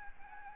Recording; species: mosquito wingbeat signal from an infrared sensor; Aedes albopictus